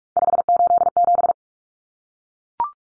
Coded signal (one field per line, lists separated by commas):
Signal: Morse code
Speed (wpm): 44 wpm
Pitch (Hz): 700 Hz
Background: none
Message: 587